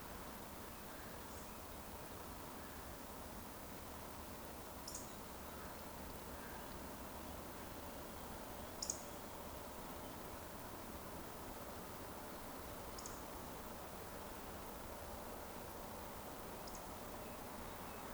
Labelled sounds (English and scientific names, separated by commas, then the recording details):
Eurasian Woodcock (Scolopax rusticola)
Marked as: woodcock, woodcock, woodcock, woodcock, woodcock
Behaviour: display flight
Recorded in Baden-Württemberg, Germany, on 16 June 2020 at 20:24 UTC
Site 14569, 102 m above sea level